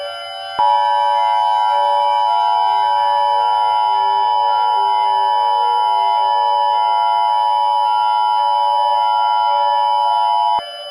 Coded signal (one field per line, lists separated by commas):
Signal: Emergency Alert System (SAME) tones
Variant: 853 and 960 Hz attention tone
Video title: Cannot think of a topic for this EAS scenario